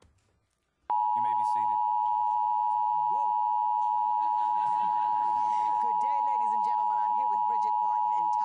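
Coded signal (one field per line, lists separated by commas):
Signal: Emergency Alert System (SAME) tones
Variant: 853 and 960 Hz attention tone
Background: speech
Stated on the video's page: Emergency broadcast system tests.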